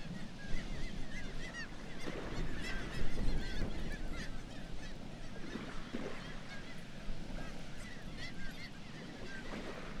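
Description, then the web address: Black-legged kittiwake calls, many overlapping nasal, rising-falling cries from a crowded colony, almost continuous, over a heavy low rumble. "Black legged kittiwake. صدای-پرنده-کاکایی-پاسیاه"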